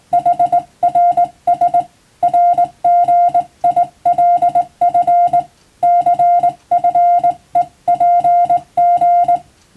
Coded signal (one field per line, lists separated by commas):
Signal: Morse code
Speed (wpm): 20 wpm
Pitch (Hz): 700 Hz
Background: music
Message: HRS RGILF CFEPG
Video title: モールスの国家試験の練習風景！スマホの今でも電気通信術の実技試験があります！通信技術の原点！アマチュア無線の受信練習にもどうぞ(morse code practice radio operator )